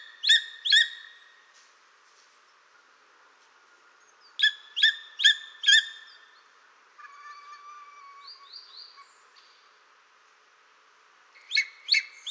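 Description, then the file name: Greater spotted eagle calling: sharp, ringing yelps in quick runs of two to four, with a thinner drawn-out note and soft squeaks in the pause between runs. "orlikgrubodzioby"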